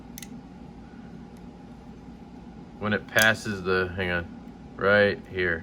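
A Vox F5.5 folding knife with a Seigaiha pattern is flipped open, and its blade lock engages in its handle with a quick double click at about 0.2 s as the blade passes the detent. The blade seats locked open, and then someone talks.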